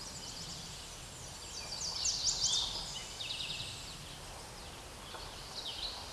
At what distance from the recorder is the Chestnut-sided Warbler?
about 10 m